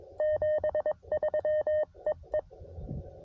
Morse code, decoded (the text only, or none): 73 EE